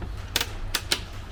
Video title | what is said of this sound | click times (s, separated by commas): Cobalt R8 Surf Walk Through | lock it into place like that | 0.4 s, 0.8 s, 0.9 s